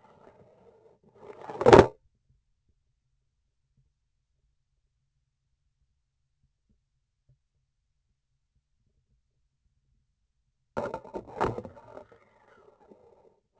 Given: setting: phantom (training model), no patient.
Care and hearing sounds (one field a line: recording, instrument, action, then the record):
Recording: laparoscopic instrument, vibration sensor on the handle end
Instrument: grasping forceps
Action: insertion and removal through the trocar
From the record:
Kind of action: spatial motion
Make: other than Olympus